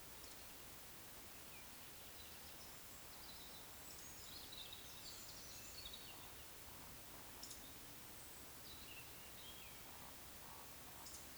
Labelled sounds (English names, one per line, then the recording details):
Eurasian Woodcock whistle
Eurasian Woodcock croak
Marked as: whistle, croak, whistle, croak, whistle
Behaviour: display flight
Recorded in Baden-Württemberg, Germany, on 19 June 2020 at 19:48 UTC
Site 49006, 684 m above sea level